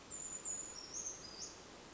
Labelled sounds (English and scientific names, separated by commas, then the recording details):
Brown Creeper (Certhia americana)
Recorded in Sonoma County, California